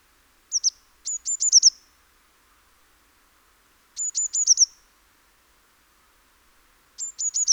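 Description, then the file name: Eurasian blue tit song, high thin introductory notes followed by a quick descending trill, repeated three times roughly every three seconds with faint background hiss. "Cyanistes caeruleus"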